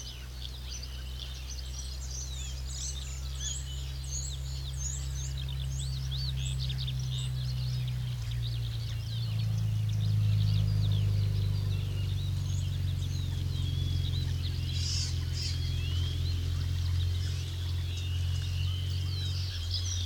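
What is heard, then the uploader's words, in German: Starlings chatter in a dense, constant flurry of high whistles and clicks over a strong low hum that swells midway. Stare in der Lehmgrube Marloffstein (am Morgen; Kopfhörerfassung). Die Stare sind am Morgen noch lauter als am Abend.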